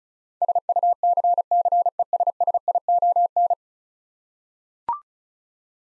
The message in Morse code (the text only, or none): SUCCESSION